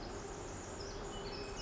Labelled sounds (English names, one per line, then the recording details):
Pacific Wren
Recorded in Sonoma County, California